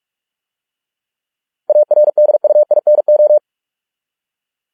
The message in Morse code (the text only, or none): ARDUINO